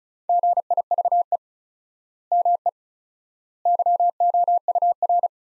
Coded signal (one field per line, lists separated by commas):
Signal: Morse code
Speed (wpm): 34 wpm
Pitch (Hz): 700 Hz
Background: none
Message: GIVE ME YOUR